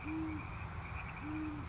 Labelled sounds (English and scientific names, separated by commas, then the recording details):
Great Horned Owl (Bubo virginianus)
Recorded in Sonoma County, California